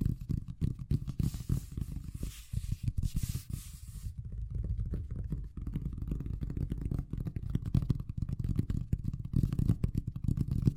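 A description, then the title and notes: Fast, dense tapping runs throughout, a rapid stream of soft thuds with a rubbing, scratchy texture. For the first four seconds a faint hiss sits above it, then drops away. The tapping eases slightly around four to five seconds before returning strongly. ASMR Braingasm Inducing Fast Tapping (No Talking).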